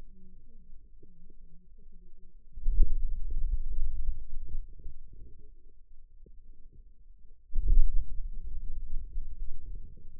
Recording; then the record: forearm muscle sounds (acoustic myography)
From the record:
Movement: hand closing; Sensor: system 2, bracelet of six BSWA MPA416 microphones around the upper forearm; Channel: 6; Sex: male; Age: 22 years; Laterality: right